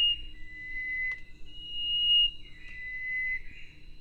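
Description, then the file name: Chestnut-breasted wren song: long, pure whistled notes alternating between a lower and a higher pitch, each held about a second, with a faint steady hum beneath. "cyphorhinus thoracicus"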